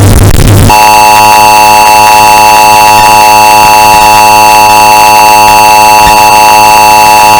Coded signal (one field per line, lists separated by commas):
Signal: Emergency Alert System (SAME) tones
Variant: 853 and 960 Hz attention tone